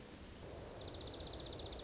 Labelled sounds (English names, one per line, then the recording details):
Dark-eyed Junco
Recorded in Sonoma County, California